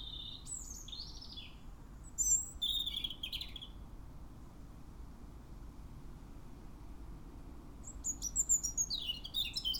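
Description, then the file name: European robin giving high, sliding twittered phrases early, a pause, then a fresh quick run of squeaky notes at the end over low rumble. "Erithacus rubecula"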